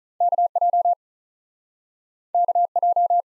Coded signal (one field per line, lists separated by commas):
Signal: Morse code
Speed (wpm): 48 wpm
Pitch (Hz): 700 Hz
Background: none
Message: K J K J